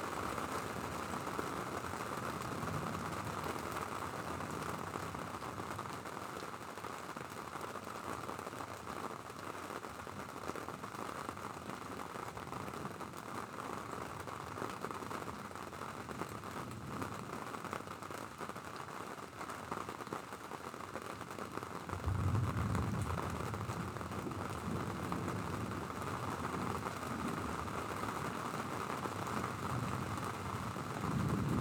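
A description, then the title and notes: An approaching thunderstorm: steady, dense rain hiss throughout, with a low rumble of thunder swelling in around 22 seconds and again near the end. Sounds of a Thunderstorm. I recorded an approaching thunderstorm from Jerome's Town.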